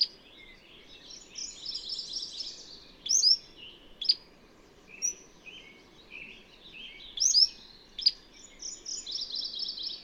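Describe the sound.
Bird song: a busy mix of twittering trills with several sharp whistled sweeps and clicks scattered through.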